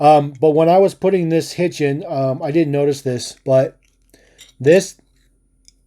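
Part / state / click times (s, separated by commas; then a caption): top cover of a die-cast toy trailer coming off the trailer body / released / 5.7 s. Someone talks while fitting the hitch of a die-cast toy trailer, then the trailer's top cover comes off the trailer body with a sharp snap at 5.7 s. The top is released, leaving the trailer open inside, whereas the previous version was glued shut.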